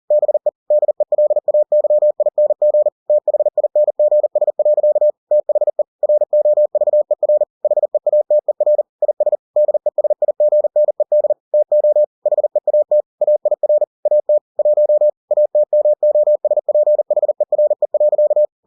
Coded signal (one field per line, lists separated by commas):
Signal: Morse code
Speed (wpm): 40 wpm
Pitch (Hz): 600 Hz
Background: none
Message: BE DELAYING THINGS. THE ROVER HEATER IS DESIGNED TO HEAT AIR AT 1 ATMOSPHERE.